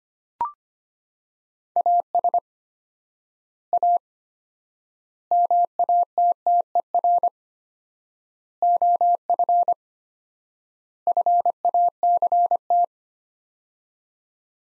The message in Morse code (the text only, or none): AS A MATTER OF FACT